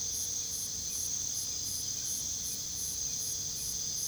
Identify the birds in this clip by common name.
none